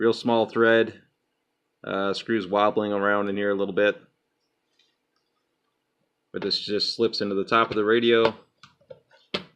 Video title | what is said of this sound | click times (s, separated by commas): Holy Stone HS110D Fpv Drone Unboxing | snaps into place and | 9.4 s